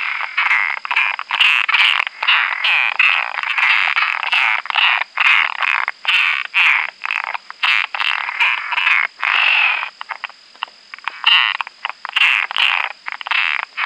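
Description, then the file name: Frog giving a long run of rapid, harsh, rattling croaks in quick bursts with brief gaps, alongside a steady high-pitched hum. "Rana latouchtii"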